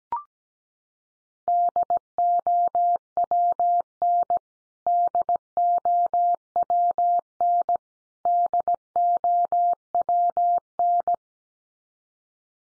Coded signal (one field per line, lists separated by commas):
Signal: Morse code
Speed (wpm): 17 wpm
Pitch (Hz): 700 Hz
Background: none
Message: DOWN DOWN DOWN